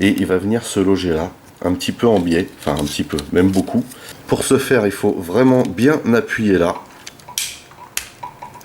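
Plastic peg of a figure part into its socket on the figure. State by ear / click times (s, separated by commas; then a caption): seated / 7.4 s, 8.0 s. Someone talks while a small plastic peg on an MPM-8 Megatron transforming robot figure is pressed hard at an angle into its socket on the figure. Sharp clicks at 7.4 s and 8.0 s mark the peg clipping in, and the part then settles into place by itself, seated.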